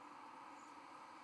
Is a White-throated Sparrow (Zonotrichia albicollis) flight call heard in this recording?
no